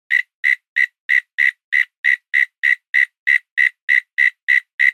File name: zapsplat animal insect cricket lone call night australia autumn